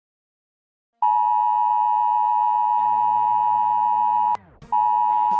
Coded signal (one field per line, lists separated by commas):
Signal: Emergency Alert System (SAME) tones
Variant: 853 and 960 Hz attention tone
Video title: Zombie Creme Eggs?! | An EAS Scenario